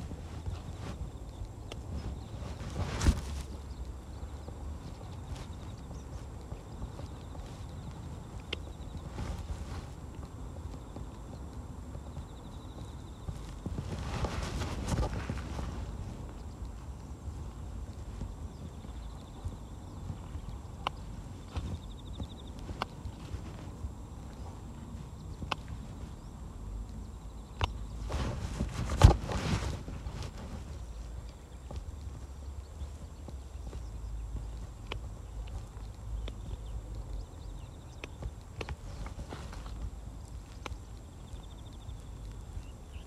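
Weeding a carrot bed at dusk: occasional rustling pulls and snips near 3, 15, 29 and 39 seconds, over low outdoor rumble and faint insects.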